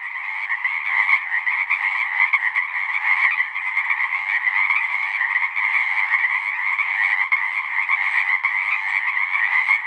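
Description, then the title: Many Pacific chorus frogs calling at once, their harsh croaking notes blending into a steady, unbroken chorus throughout. Full chorus recorded after dusk; males giving the advertisement call to attract females. "Chorus Frogs, Full Chorus, post-dusk"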